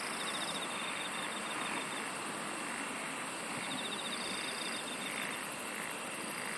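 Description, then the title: Insects singing: a steady high drone with intermittent pulsed chirp trains, then a fast, very high pulsing trill near the end, over continuous noise. "SINGING OF INSECTS"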